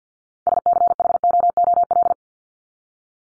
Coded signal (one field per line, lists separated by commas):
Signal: Morse code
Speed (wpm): 50 wpm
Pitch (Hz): 700 Hz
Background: none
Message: SCHOOL